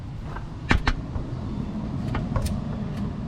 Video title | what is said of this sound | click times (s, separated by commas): OIL CATCH CAN INSTALL ON MY 2022 RAM TRX | and they both click that's it | 0.9 s, 2.4 s